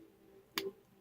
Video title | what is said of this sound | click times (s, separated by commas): Transformers Studio series 10 Autobot Jazz | This will snap into place. | 0.6 s